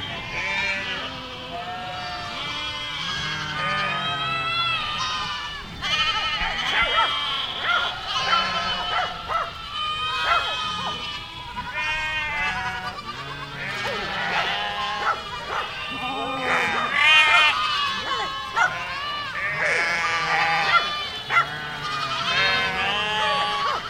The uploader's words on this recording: These cow mooing sounds. The uninterrupted stream of cow mooing.